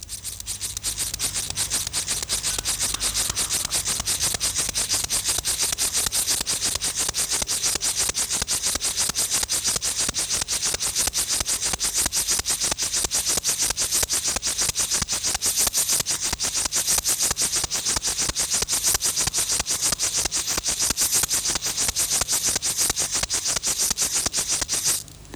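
A field grasshopper stridulates without pause, a dry, hissing rasp made of rapid scratchy pulses that stays steady and fairly loud for the whole stretch, with no voices.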